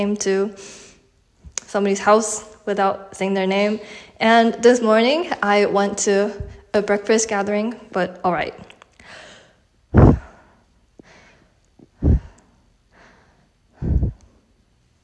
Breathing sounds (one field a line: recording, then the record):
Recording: deep breathing after running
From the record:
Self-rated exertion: moderate exertion (3 of 6)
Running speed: 6 miles an hour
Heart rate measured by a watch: 110 beats a minute at the start, 113 at the end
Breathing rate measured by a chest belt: 16 breaths a minute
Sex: female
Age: 18 years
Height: 167 cm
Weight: 50 kg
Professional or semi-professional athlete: no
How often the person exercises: 1 to 2 times a week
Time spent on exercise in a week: 1 to 2 hours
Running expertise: no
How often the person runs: 1 to 2 times a week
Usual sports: running, walking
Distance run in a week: 1 to 2 km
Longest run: 6 km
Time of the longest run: 34 minutes